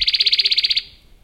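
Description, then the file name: Radde's warbler: a brief, loud trill of many rapid pulsing notes. "warbler-radde -Phylloscopus-schwarzi"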